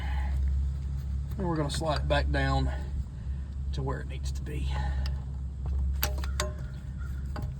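Someone talks while a pinched-open spring clamp on a power steering hose of a Crown Victoria is slid back down the rubber hose toward its place, over a steady low hum. Brief sharp ticks come near 0.5 s and in a cluster near 6.0, 6.2, 6.4 and 7.4 s. The clamp has not yet snapped down or clicked onto the hose by the end.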